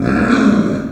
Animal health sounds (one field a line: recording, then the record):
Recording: squeal of a Yucatan mini pig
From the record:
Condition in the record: after surgery on the right vocal fold (resection and tissue-engineered implant)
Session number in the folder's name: 7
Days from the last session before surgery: 47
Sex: female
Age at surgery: 19 weeks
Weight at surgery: 25 kg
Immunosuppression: prednisolone